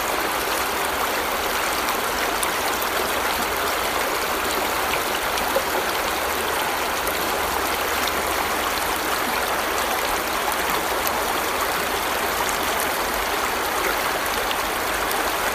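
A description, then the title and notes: A river rushes steadily and densely, a constant bright wash of flowing water with a low rumble beneath, unchanging throughout. River Lune (longer) by Stephen Davies.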